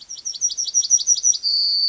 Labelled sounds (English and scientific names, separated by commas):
Yellowhammer (Emberiza citrinella) song